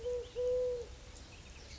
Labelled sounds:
Eurasian Collared Dove
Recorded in Sonoma County, California

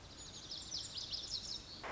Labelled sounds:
Lazuli Bunting
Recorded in Sonoma County, California

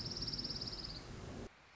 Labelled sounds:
Orange-crowned Warbler
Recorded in Sonoma County, California

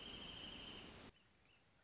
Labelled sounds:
Wrentit
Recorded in Sonoma County, California

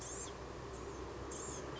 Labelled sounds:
Blue-gray Gnatcatcher
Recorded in Sonoma County, California

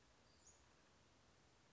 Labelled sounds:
Western Flycatcher
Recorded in Sonoma County, California

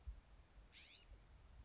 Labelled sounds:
California Scrub-Jay
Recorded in Sonoma County, California

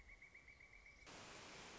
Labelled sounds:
Pileated Woodpecker
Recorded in Sonoma County, California

